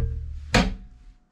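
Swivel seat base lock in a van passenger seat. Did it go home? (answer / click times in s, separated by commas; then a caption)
yes / 0.5 s. A passenger seat on a swivel base in a camper van is rotated back to face forward until the swivel lock engages. After a low steady hum, a single heavy metallic thunk lands at 0.6 s and rings out as it fades. The swivel seat base is clicked into its locked position.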